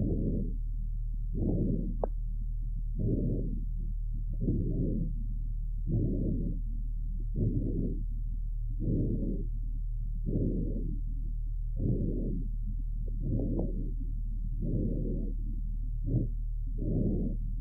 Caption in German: Lungenschall mit Rasselgeräuschen bei einem Fohlen.